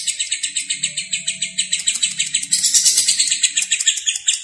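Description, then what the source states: Lovebird's shrill chirps run rapidly and evenly, then swell into a louder, denser scratchy burst in the latter half. Lovebird singing in the konslet style.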